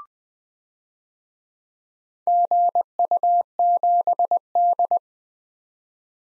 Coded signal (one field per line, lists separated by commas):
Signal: Morse code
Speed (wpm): 20 wpm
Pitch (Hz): 700 Hz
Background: none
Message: GU7D